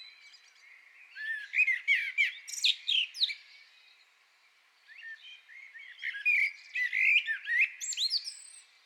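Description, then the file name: Common blackbird singing a run of mellow warbled notes with shrill twittering flourishes, a brief pause, then a second busy phrase. "Turdus merula"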